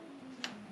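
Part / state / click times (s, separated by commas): torque wrench on crash bar bolt / torque reached / 0.4 s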